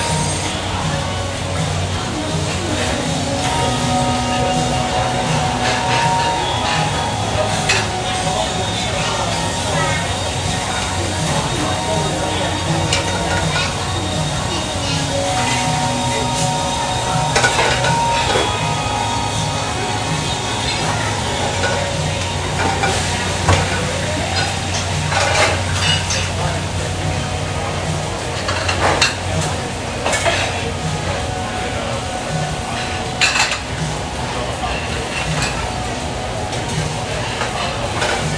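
A restaurant kitchen in Phoenix, Arizona, busy with Sunday breakfast, fills the clip with a steady, dense wash of voices and low hum. Dishes and utensils clink and clatter throughout, with sharper bright knocks around 17, 25, 29 and 33 seconds.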